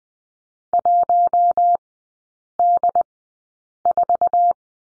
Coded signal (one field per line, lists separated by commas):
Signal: Morse code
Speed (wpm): 20 wpm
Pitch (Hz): 700 Hz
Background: none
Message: 1D4